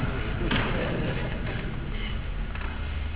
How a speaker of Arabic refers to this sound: الباب يتقفل.